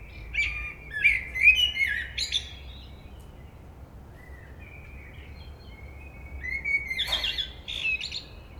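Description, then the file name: Common blackbird singing a warbled phrase with squeaky accents, a stretch of soft quiet notes, then a loud strained, chattering twitter. "Turdus merula"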